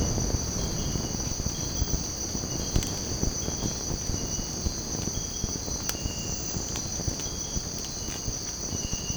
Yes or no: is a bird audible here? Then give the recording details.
no. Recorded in secondary vegetation near Puerto Asís, Putumayo, Colombia, on 19 March 2025 at 05:00. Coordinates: 0.481, -76.318. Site G097